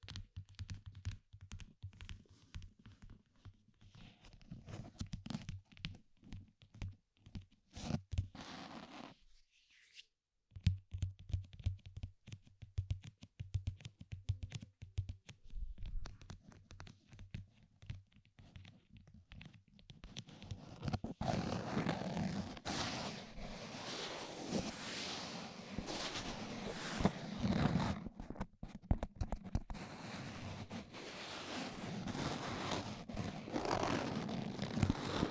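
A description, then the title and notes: Ear massage sounds: soft rubbing and scratching with thumps, a brief silence near ten seconds, then denser, brighter friction after twenty seconds. ASMR SUBLIME EAR MASSAGE EXTRA RELAXING.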